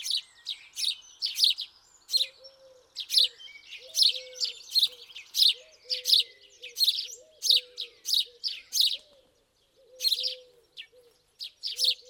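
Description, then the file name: House sparrow chirps repeated rapidly, harsh and bright, with short low cooing notes in the background and one brief pause. "Passer domesticus"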